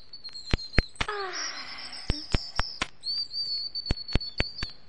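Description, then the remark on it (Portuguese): Small birds chirp in a forest in the morning, sharp high tweets popping out in an uneven rhythm over a thin sustained whistle, with a brief fluttering, warbling flourish partway through. “Na manhã seguinte, quando os passarinhos acordaram, encontraram Branca de Neve adormecida na floresta.”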